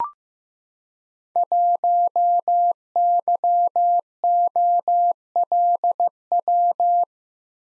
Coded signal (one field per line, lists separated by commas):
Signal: Morse code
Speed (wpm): 15 wpm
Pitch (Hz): 700 Hz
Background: none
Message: 1YOLW